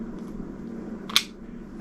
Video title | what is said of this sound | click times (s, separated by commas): Gettin' it Dun (S2, Ep. 5) - How to Disassemble and Clean an Abu Garcia REVO X Baitcasting Reel | and that will click into place | 1.2 s